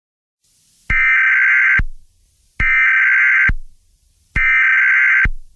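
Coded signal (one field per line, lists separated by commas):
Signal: Emergency Alert System (SAME) tones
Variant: header bursts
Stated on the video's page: Simulated mock EAS alert, not a real broadcast.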